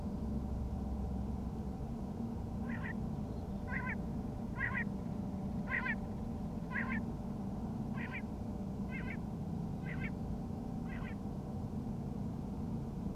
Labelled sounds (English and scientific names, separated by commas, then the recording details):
Common Quail (Coturnix coturnix)
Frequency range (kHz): Common Quail (Coturnix coturnix) 0.7-5.3 kHz
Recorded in France